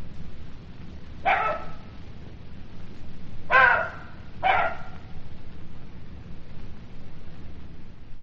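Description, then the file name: Jackal barking, three sharp, raspy barks, the last two close together, over a constant low background hum. "zvuki shakala"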